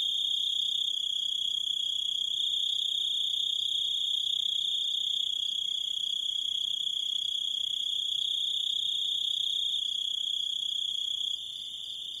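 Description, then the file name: Grasshopper stridulating in one steady, unbroken high-pitched trill with ringing overtones, dropping slightly quieter near the end; no other clear sounds. "zvuki kuznechika"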